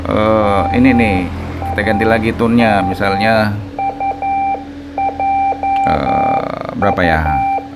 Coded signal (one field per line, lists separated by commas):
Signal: Morse code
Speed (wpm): 11 wpm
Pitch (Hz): 790 Hz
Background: speech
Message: MAMUJU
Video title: Beacon ARDF, Antenna ARDF, Fox Hunting